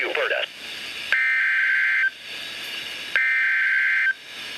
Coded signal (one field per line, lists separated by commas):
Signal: Emergency Alert System (SAME) tones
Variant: header bursts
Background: speech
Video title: Severe Thunderstorm Warning #2 - 07/18/15 (EAS #942)